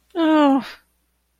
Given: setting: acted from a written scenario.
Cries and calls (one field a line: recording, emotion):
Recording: vocal sound without words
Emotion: distress